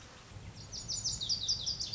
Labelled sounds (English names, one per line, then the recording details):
Lazuli Bunting
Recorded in Sonoma County, California